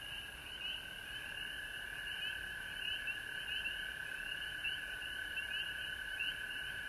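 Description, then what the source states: Massed frog calls, a sustained trill under quick repeated upward chirps that come in uneven bursts. Recorded at home in Georgia on March 19, 2020.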